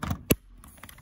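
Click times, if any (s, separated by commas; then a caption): 0.3 s. A faux wood mini blind headrail is pushed into its plastic mounting bracket on a patio door, and the bracket's turn piece locks it in. A short, sharp snap is heard at 0.3 s, after some brief handling rustle at the start and followed by a few faint ticks near the end. The headrail is seated in the bracket.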